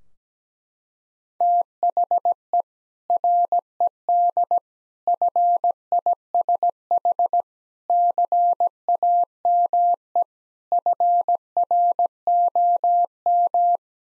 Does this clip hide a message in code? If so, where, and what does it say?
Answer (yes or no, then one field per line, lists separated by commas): yes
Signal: Morse code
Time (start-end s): 1.4-13.8 s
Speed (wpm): 17 wpm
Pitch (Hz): 700 Hz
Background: none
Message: THE RED FISH CAME FROM